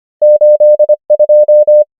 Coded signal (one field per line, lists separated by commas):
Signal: Morse code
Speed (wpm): 25 wpm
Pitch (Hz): 600 Hz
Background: none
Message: 8 2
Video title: morse code practice | 25wpm | 24fw | numbers | ENGLISH